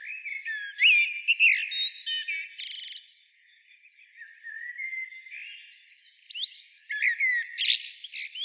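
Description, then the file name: Common blackbird singing a warbled, flutey phrase that ends in a high, harsh twitter. After a quieter interlude, a second squeaky, rising phrase follows. "Turdus merula"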